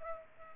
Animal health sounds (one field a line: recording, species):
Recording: mosquito wingbeat signal from an infrared sensor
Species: Culex pipiens